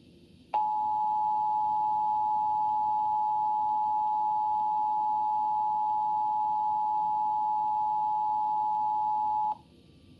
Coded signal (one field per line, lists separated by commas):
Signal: Emergency Alert System (SAME) tones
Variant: 853 and 960 Hz attention tone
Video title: EAS: Massachusetts RMT on WBZ-FM and Comcast (8/4/2026)